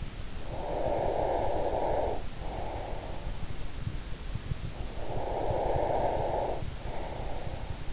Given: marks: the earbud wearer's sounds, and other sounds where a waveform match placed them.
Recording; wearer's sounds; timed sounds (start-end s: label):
sounds in sleep by an in-ear microphone; breath
0.47-3.41 s: breath
4.77-7.93 s: breath